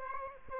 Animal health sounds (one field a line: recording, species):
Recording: mosquito wingbeat signal from an infrared sensor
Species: Aedes aegypti